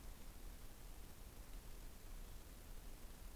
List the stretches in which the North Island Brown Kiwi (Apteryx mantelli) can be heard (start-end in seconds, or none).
none